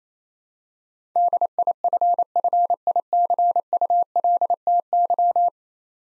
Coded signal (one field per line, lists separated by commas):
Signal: Morse code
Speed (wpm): 28 wpm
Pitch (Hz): 700 Hz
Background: none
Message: DIFFICULTY